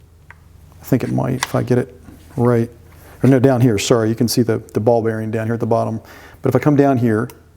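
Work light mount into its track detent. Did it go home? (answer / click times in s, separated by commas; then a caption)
no / none. A work light's mount is handled along its track, where a ball-bearing detent near the bottom is meant to catch it in position. Someone talks throughout, with a brief sharp tick near 0.3 seconds. The clip ends before the mount goes home, so nothing has seated or clicked yet.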